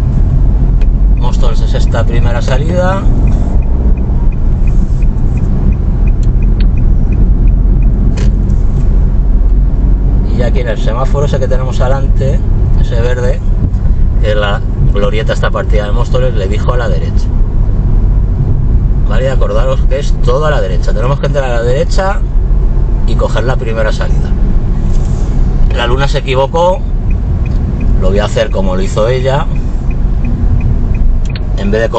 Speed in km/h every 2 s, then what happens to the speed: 25, 31, 31, 36, 37, 39, 41, 40, 39, 39, 37, 33, 31, 28, 27, 18.
0-12 speeds up to 41. 12-18 steady at about 39. 18-32 slows to 18.